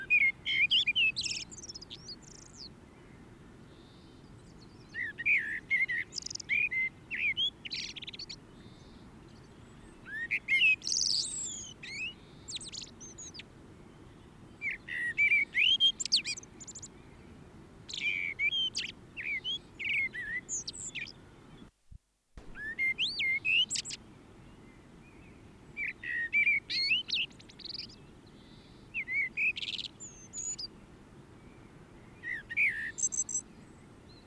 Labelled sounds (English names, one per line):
Common Blackbird song